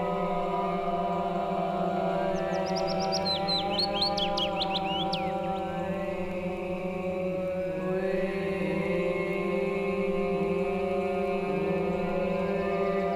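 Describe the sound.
Willow Warbler singing one phrase of soft whistled notes that falls gradually, set against loud, steady humming music throughout.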